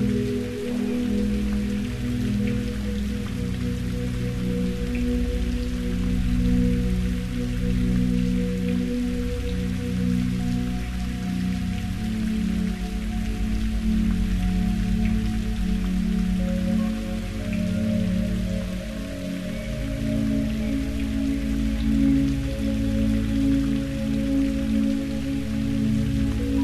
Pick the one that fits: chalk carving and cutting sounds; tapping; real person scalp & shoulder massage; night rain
night rain